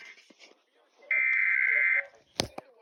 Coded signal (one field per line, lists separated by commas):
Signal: Emergency Alert System (SAME) tones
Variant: header bursts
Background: speech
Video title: Eas #225 severe thunderstorm warning and tv